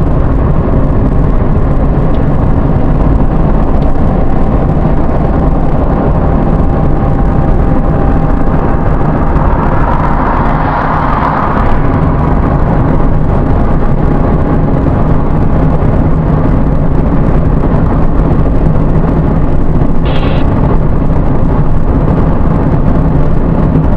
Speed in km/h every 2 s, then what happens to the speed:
75, 79, 81, 81, 83, 83, 85, 85, 87, 87, 88, 88.
0-4 speeds up to 81. 4-24 steady at about 85.